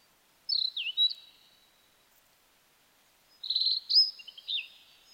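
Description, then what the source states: Blue-and-white flycatcher song: two clear whistled phrases with quick slurred, warbling notes, the second phrase longer and more complex, separated by about two seconds of quiet. Recorded 9 May 2009, 13:55.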